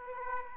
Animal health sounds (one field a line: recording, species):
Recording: mosquito wingbeat signal from an infrared sensor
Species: Aedes aegypti